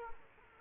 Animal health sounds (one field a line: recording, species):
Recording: mosquito wingbeat signal from an infrared sensor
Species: Aedes aegypti